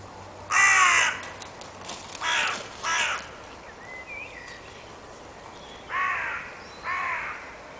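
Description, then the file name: Carrion crow calling five harsh caws, a single caw followed by two pairs. "Corvus corone"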